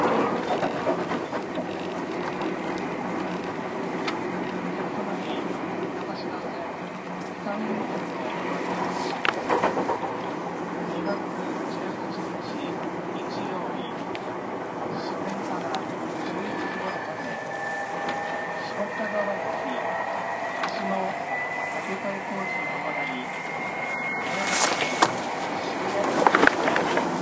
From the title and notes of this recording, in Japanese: 京王1000系 渋谷〜吉祥寺。急行運用を録音しました。